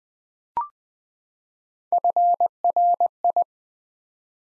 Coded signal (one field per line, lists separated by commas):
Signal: Morse code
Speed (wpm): 20 wpm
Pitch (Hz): 700 Hz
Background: none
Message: FRI